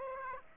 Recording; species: mosquito wingbeat signal from an infrared sensor; Aedes aegypti